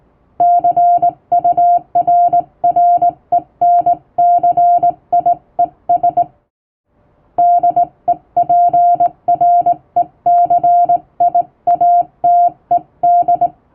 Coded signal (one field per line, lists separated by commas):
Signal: Morse code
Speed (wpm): 19 wpm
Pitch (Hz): 700 Hz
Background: music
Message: CURRENCIES DEPRECIATED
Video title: 4月27日はモールス符号の発明者サミュエル・モールスの誕生日！やっぱりＣＷは縦振り電鍵で叩きたい！今年のＧＷはモールス信号をマスターしよう！(Happy Morse Code Day 2023！)